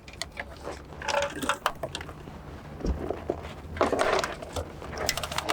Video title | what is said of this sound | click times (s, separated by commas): 2014–2020 Lexus CT Upgrade Kit - CarPlay & Android Auto Installation Guide | Make sure you hear both of those click. | 1.7 s, 5.1 s